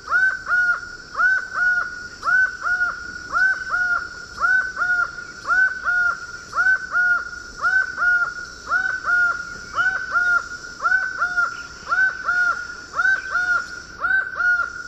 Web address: Natures Songs S America Eastern Lowlands Herpetotheres cachinnans, song